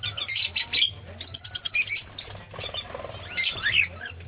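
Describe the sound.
Lovebird chatter, a jumble of shrill squeaks and short chirps in irregular bursts, with brief quieter gaps between them.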